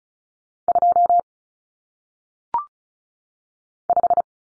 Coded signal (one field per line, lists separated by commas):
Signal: Morse code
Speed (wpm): 35 wpm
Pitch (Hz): 700 Hz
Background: none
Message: 2 5